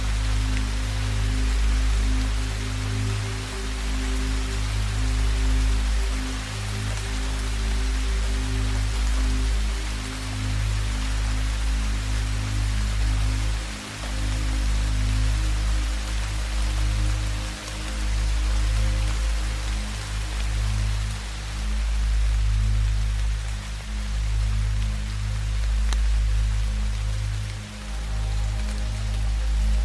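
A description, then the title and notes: Steady rain hisses evenly across the whole clip, dense and unbroken, over ambient music made of low, sustained droning tones that shift only slowly. The mix stays level throughout, with brief dips in the low hum near 14 and 17 seconds. Rain Sounds & Ambient Music. Combination of ambient music and rain sounds.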